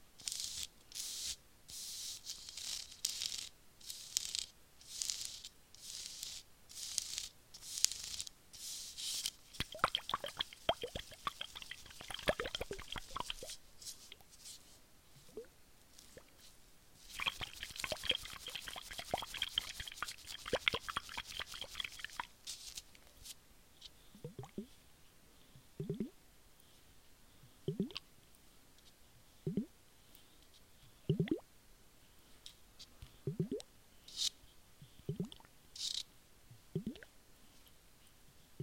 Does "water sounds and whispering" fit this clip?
yes